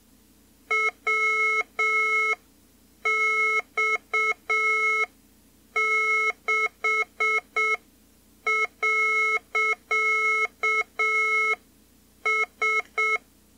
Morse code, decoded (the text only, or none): WX6.S